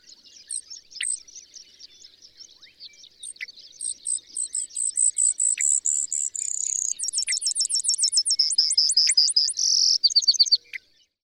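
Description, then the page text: Brewer's sparrow singing a long, continuous high ramble of varied trills, buzzes and rapid repeated notes, building in loudness toward the end before stopping abruptly. Continuous dawn singing: a canary-like song ramble sweeping down the scale, alternated with long series of high, buzzy, insectlike trills and zeeet calls. National grassland, Colorado, May 27, 2006. "Birdsong for the Curious Naturalist. Brewer's sparrow"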